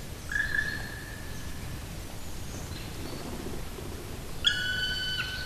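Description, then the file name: Black woodpecker calls: a short level whistled note near the start, then a louder, harmonic-rich drawn-out call near the end, over a constant low outdoor rumble. "patrick franke-schwarzspecht-black woodpecker-dryocopus martius"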